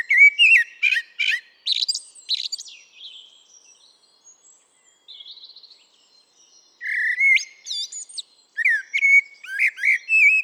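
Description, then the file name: Common blackbird song in several bursts, with rich fluted whistles and high twittering trills. A soft, faint warble fills a quieter gap in the middle. "Turdus merula"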